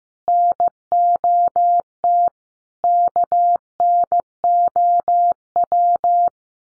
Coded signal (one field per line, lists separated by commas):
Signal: Morse code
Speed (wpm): 15 wpm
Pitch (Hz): 700 Hz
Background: none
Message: NOT KNOW